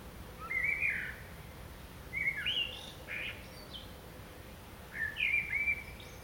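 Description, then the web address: Common blackbird singing mellow whistled phrases with squeaky high endings, three phrases spaced a couple of seconds apart over a steady background hiss. "SETE Turdus merula"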